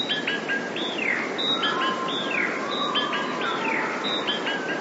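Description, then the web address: Eurasian blue tit song, high thin notes each dropping steeply in pitch, repeated several times, with fainter lower whistles in the background. "wroblowe teka 2 spiew 32. wroblowe teka modraszkoteka"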